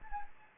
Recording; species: mosquito wingbeat signal from an infrared sensor; Anopheles gambiae